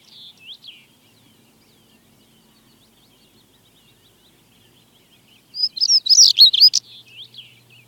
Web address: BBC. stonechat singing with chaffinch and skylarks in background